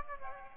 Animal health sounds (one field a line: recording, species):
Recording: mosquito wingbeat signal from an infrared sensor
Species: Aedes aegypti